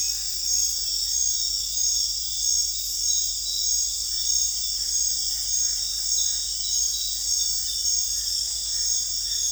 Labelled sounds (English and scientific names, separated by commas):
none